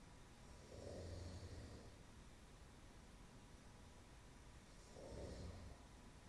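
An adult snoring while asleep at work, with two low-pitched, rumbling snores on inhalation about four seconds apart against steady background noise.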